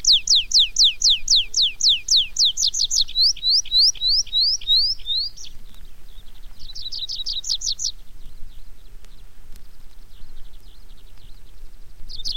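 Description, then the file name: Tree pipit song opening with a fast run of steeply descending high notes, slowing into separate slurred notes, then a short buzzy trill and a final fragment. "baumpieper"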